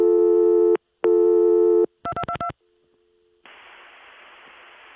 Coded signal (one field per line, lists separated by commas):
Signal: DTMF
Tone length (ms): 80 ms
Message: 2222